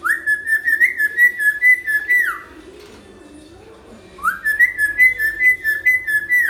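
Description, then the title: Hill myna giving loud whistled phrases, a rising note then a rapid wavering series around one pitch, repeated after a pause of about two seconds. Vigorously singing ('gacor') hill myna; tutor recording for training birds. "Suara Burung Beo Gacor Cocok Untuk Masteran"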